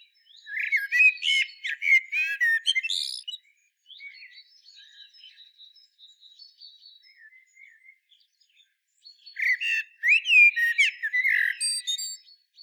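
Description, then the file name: Common blackbird song: a long, rich warbling phrase with squeaky ends, then several seconds of thin high birdsong, then another fluted phrase. "Turdus merula"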